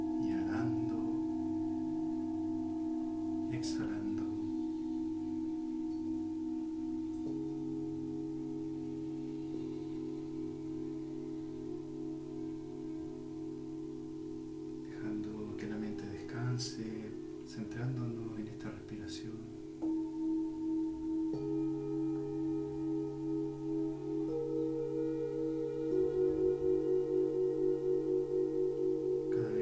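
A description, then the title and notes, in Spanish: Singing bowls ring in long, overlapping tones that hum steadily for the whole half minute, with a low drone beneath. Fresh strikes add new pitches every few seconds, with light tapping sounds near the start and around the middle, and the ringing swells slightly toward the end. Un viaje entre cuencos.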